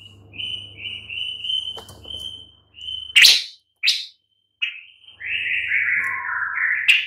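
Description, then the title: Long-tailed shrike giving sustained, slightly wavering whistled notes broken by a few loud harsh rasps, ending in a longer descending scratchy phrase. "Lanius Schach Sun"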